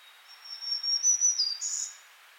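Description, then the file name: Black-throated green warbler singing a high, buzzy phrase of several similar notes that dips lower, then finishes with a higher, harsher buzz. "Setophaga virens - Black-throated Green Warbler"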